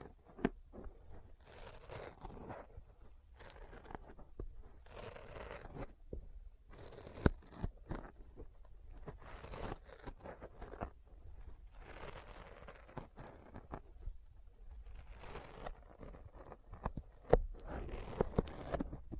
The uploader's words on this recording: ASMR Intense Sticky Finger Sounds (No Talking).